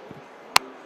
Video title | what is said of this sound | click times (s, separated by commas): ISPONEWSBLACKDIAMOND | If you listen here, you can hear the click. It's in. | 0.6 s